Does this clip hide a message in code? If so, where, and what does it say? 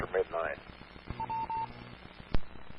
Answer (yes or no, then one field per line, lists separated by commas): no